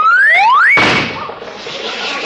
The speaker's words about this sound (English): There goes a tire, boss! Doggone it, that's the third one this week!